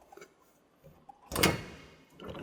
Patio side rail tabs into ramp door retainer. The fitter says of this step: now it locks into your retainer.